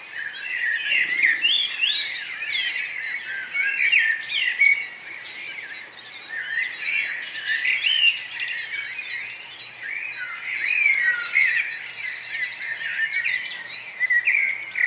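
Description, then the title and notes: Many birds singing at once, rapid repeated high trills and chirps over a warbling middle layer, lively and unbroken. Morning bird chorus at Nonnenhorn, 10 May 2009, 04:24. "nonnenhorn, morgenstimmung, vögel. vogelgesang, vorgelgezwitscher"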